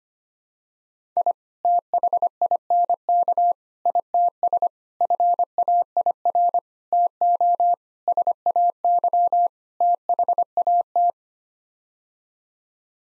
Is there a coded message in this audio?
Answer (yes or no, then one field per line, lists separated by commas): yes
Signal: Morse code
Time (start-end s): 1.2-11.1 s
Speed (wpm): 25 wpm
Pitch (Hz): 700 Hz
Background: none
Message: I THINK ITS FAIR TO SAY THAT